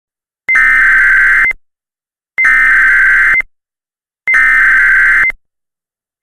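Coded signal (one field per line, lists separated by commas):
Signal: Emergency Alert System (SAME) tones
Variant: header bursts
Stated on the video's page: Fictional EAS scenario about nuclear sabotage.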